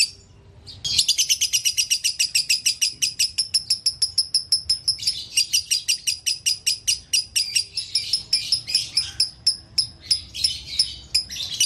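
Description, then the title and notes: Canary song: many high chirping notes repeated rapidly and steadily, continuing throughout with slight changes in tone. Long-duration canary song used as masteran, a tutor song for training birds. "Kicauan Kenari Durasi Panjang. Masteran Burung Lengkap"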